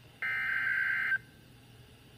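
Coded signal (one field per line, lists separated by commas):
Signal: Emergency Alert System (SAME) tones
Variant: header bursts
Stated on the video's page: Severe Thunderstorm Warning received on NOAA Weather Radio station WXK27.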